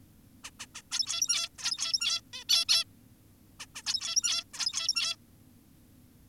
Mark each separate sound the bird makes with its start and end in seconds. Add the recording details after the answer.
0.44-0.51, 0.60-0.66, 0.75-0.82, 0.92-1.49, 1.59-2.21, 2.33-2.44, 2.49-2.65, 2.69-2.84, 3.60-3.66, 3.75-3.82, 3.86-4.44, 4.54-5.16. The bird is an adult. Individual g17y2U